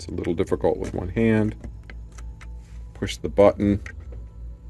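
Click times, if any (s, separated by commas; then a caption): none. A handheld radio is being handled at a bridge docking mount, inserted top first while someone talks. Brief faint taps and handling noises come between the speech, but nothing has seated or clicked into place yet.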